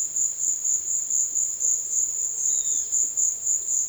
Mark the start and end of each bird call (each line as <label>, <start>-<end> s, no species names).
bird call, 2.48-2.90 s